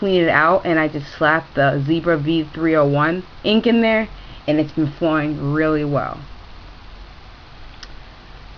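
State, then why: Seated. Someone talks, then after a pause the cap of a Zebra V-301 fountain pen is posted onto the back end of the plastic barrel, giving a short snap at 7.8 s. The cap snaps into place but stays a little wobbly.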